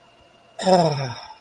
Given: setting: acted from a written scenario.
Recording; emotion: vocal sound without words; contentment